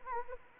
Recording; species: mosquito wingbeat signal from an infrared sensor; Anopheles arabiensis